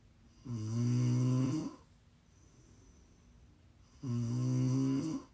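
ASMR snoring from an adult: two long, low-pitched, buzzing snores, each just over a second long, separated by a quiet pause of about two seconds.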